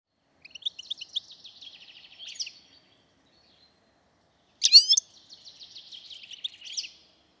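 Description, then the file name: European goldfinch giving two bursts of high, liquid, tinkling, buzzy twittering with a pause between, the second opening with a sharp bright chirp. "Carduelis carduelis"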